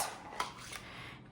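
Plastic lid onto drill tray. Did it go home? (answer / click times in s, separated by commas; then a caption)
yes / 0.4 s. A plastic lid is snapped onto a diamond-painting drill tray that has a stopper, from a tool kit. A single sharp click at 0.4 s marks the lid locking shut, followed by another lighter tap around 0.7 s over faint background noise.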